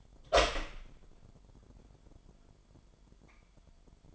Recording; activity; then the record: daily activity, microphone in the room; open door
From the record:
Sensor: 5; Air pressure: 998.1 hPa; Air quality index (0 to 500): 82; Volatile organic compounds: 1 ppm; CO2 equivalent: 938 ppm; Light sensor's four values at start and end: 33/81/33/37 and 33/81/34/37